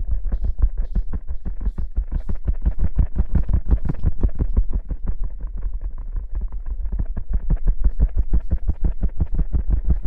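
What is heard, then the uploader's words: Water sloshes rapidly back and forth in a bottle, a fast, even run of soft thuds, about four to five per second, for the whole ten seconds. Each pulse is low and muffled, with a thin splashy top, and the rhythm never lets up. Shaking water bottle & Ear massage.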